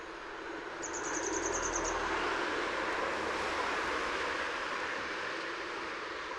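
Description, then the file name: Grey wagtail giving an one-second rapid series of high, sharp notes over loud, steady rumbling background noise. Recorded in Utrecht. "Grote gele kwikstaart in Utrecht - luc de bruijn"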